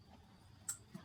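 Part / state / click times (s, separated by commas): spark plug tightened with a torque wrench into the engine cylinder head / torque reached / 0.7 s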